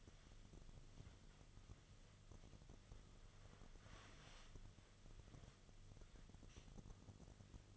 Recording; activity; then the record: daily activity, microphone in the room; wipe stove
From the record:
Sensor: 4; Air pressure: 1005.6 hPa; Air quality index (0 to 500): 109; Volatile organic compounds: 3 ppm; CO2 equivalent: 1364 ppm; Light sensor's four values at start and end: 12/28/11/11 and 12/28/11/10